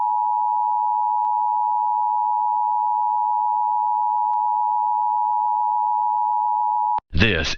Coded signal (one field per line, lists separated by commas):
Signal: Emergency Alert System (SAME) tones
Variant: 853 and 960 Hz attention tone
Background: speech